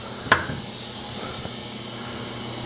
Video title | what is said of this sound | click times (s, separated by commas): How I Got This GOOFY Titan Industrial Gas-Powered Air Compressor Running Again | I just kind of like screw that on there. till it clicks. | 0.3 s